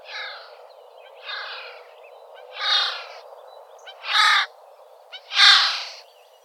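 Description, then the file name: Eurasian jay giving harsh, rasping screeches, five broad noisy calls about a second apart, growing louder toward the end. "Garrulus glandarius"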